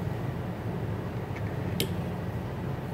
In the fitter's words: Snap ring pliers. Yep. Snapped